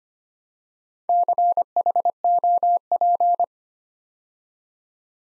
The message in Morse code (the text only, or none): CHOP